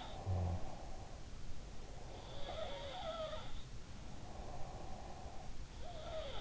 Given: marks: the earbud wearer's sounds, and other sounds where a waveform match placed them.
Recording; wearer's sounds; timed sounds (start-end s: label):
sounds in sleep by an in-ear microphone; snoring breath, breath
0.00-0.86 s: sound from someone else or the room
0.05-1.51 s: snoring breath
1.90-6.41 s: sound from someone else or the room
3.88-5.80 s: breath